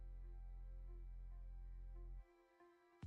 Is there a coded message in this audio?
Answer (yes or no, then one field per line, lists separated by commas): no